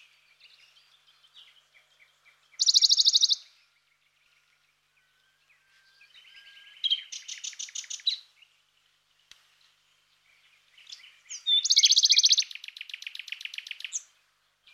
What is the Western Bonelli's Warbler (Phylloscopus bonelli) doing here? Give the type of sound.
song